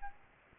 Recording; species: mosquito wingbeat signal from an infrared sensor; Aedes albopictus